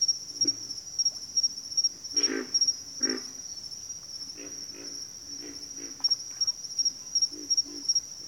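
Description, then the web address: Pig frog grunts, a few louder rough bursts then softer repeated ones, under steady shrill cricket chirping. "Natures Songs Sleep Sounds of Nature CRICKETS Pig Frogs"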